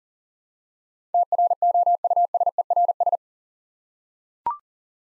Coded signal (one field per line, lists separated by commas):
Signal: Morse code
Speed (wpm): 39 wpm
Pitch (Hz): 700 Hz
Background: none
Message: TROUSERS